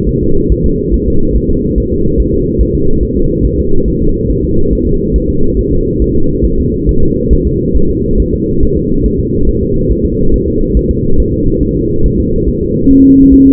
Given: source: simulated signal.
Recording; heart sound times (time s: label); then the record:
fetal heart sounds
0.09 s: S1
0.23 s: S2
0.52 s: S1
0.66 s: S2
0.94 s: S1
1.08 s: S2
1.37 s: S1
1.50 s: S2
1.78 s: S1
1.92 s: S2
2.20 s: S1
2.34 s: S2
2.61 s: S1
2.75 s: S2
3.03 s: S1
3.17 s: S2
3.45 s: S1
3.59 s: S2
3.88 s: S1
4.02 s: S2
4.30 s: S1
4.44 s: S2
4.73 s: S1
4.87 s: S2
5.16 s: S1
5.30 s: S2
5.59 s: S1
5.73 s: S2
6.02 s: S1
6.16 s: S2
6.45 s: S1
6.59 s: S2
6.89 s: S1
7.03 s: S2
7.33 s: S1
7.47 s: S2
7.76 s: S1
7.90 s: S2
8.20 s: S1
8.34 s: S2
8.63 s: S1
8.77 s: S2
9.06 s: S1
9.20 s: S2
9.49 s: S1
9.63 s: S2
9.91 s: S1
10.06 s: S2
10.34 s: S1
10.48 s: S2
10.77 s: S1
10.91 s: S2
11.20 s: S1
11.34 s: S2
11.63 s: S1
11.77 s: S2
12.06 s: S1
12.20 s: S2
12.49 s: S1
12.62 s: S2
12.91 s: S1
13.05 s: S2
13.34 s: S1
13.47 s: S2
From the record:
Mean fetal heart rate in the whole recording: 140 bpm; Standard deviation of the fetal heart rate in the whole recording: 2 bpm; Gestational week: 34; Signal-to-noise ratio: -17.7 dB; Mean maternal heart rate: 72 bpm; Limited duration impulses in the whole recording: present